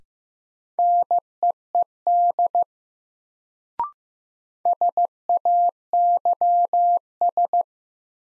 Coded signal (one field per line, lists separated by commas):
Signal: Morse code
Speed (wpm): 15 wpm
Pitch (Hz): 700 Hz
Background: none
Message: NEED SAYS